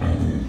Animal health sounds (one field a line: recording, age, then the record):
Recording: pig call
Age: growing-finishing pig (85 days or more)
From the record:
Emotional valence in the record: negative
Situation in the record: barren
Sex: female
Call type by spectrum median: low-frequency call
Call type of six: low-frequency stable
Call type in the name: low-frequency stable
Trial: 1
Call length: 0.49 s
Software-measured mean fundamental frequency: 42 Hz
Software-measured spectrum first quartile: 91 Hz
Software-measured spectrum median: 169 Hz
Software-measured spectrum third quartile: 338 Hz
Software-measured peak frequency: 87 Hz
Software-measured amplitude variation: 177 dB a second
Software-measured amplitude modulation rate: 29.7 a second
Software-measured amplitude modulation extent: 5.9 dB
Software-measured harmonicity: -2.7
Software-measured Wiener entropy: -0.99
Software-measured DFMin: 741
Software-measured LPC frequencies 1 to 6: 1793, 3327, 6179, 7153, 8069, 8834 Hz